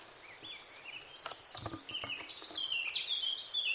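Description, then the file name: Eurasian blackcap song: a rapid chattering, scratchy warble that runs into clearer fluty whistled phrases. "Sylvia atricapilla"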